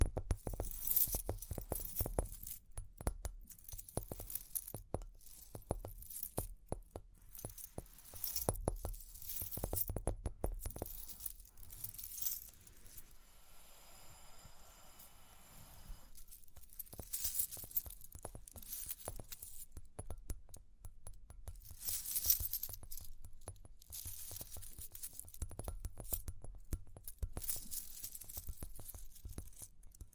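Dense tapping and scratching with bright metallic jingling in bursts, easing into a quieter stretch of soft clinks around the middle before resuming.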